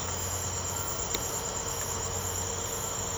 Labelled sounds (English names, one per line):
none